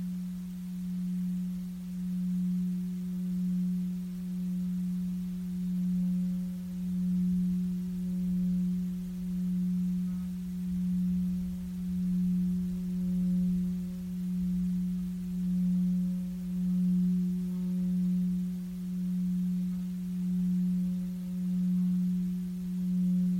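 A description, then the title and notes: A Tibetan singing bowl hums with a steady, low, sustained tone that swells and fades in a slow, regular pulse about once per second. A fainter higher ring sits above it, and the sound stays unchanging throughout, with a soft rumble underneath. Let the sound of the Tibetian Singing Bowls do its magic.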